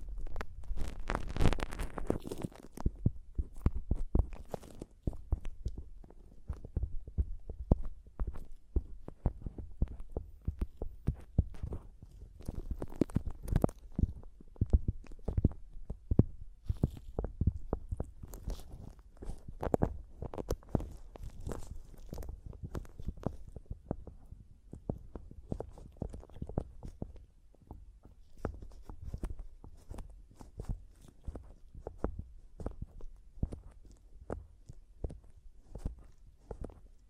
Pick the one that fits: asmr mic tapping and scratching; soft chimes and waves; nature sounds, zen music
asmr mic tapping and scratching